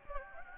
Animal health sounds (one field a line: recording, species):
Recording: mosquito wingbeat signal from an infrared sensor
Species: Anopheles gambiae